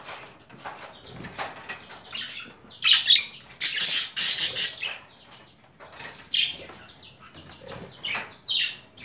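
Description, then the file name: Budgerigar chirping: scattered high chirps and short scratchy bursts, with a louder cluster of harsh chattering notes midway, then softer irregular chirps. Female budgerigar; a mix of different sounds. "Karisik Sesler Disi Muhabbet Kusu Sesi"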